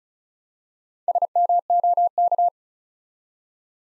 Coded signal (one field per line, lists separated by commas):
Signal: Morse code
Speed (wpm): 36 wpm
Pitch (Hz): 700 Hz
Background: none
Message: SMOK